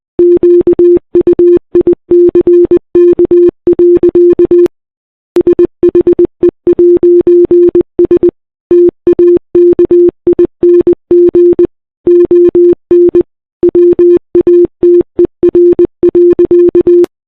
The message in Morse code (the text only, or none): QUICK. SHE'S TAKING ON WATER.